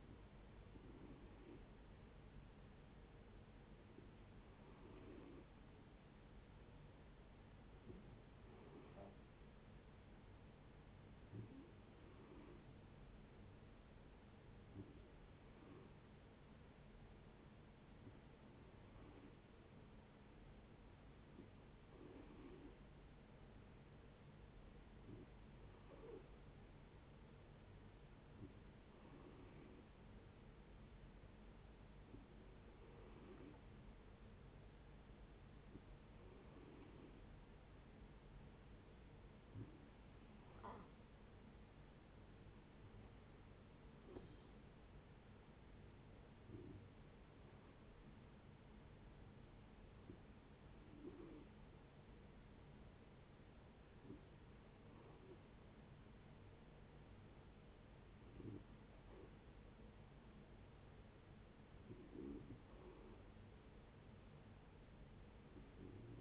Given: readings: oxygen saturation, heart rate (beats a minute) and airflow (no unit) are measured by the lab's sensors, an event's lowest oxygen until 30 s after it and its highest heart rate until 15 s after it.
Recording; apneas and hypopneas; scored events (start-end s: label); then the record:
breathing in sleep by a voice recorder at the bedside; 1
28.00-43.20 s: hypopnea (N2, oxygen 91% highest, then 90% lowest)
40.00-66.21 s: new sleep stage, N1 (lightest sleep)
From the record:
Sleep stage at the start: N2 (light sleep); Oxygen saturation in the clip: 90 to 92%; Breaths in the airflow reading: 18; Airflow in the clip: -7.7 to 9.1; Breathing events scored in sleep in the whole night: 496 in 5.4 hours asleep